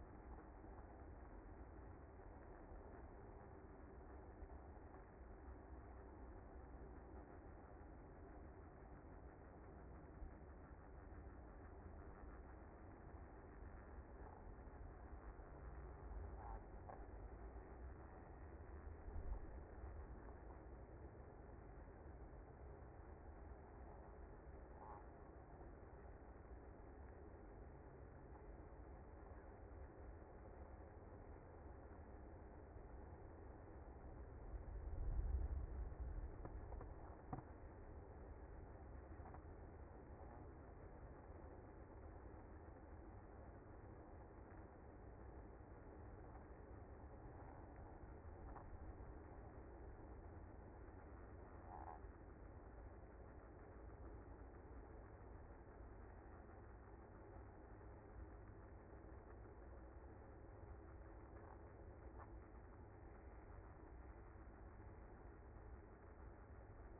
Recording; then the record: honeybee colony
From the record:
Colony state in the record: active